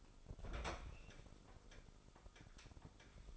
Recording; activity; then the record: daily activity, microphone in the room; open fridge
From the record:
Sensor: 5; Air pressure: 988.5 hPa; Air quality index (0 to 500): 217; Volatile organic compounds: 119 ppm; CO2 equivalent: 3870 ppm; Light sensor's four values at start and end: 42/129/50/54 and 42/128/50/54